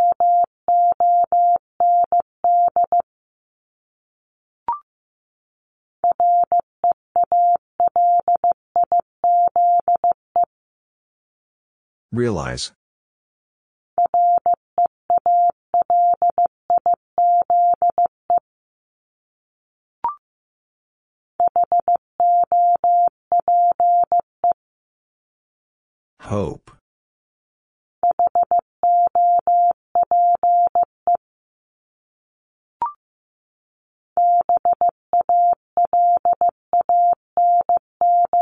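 Morse code beeps in a steady mid-pitched tone, sent in quick bursts separated by silent gaps, with two brief scratchy noises between groups.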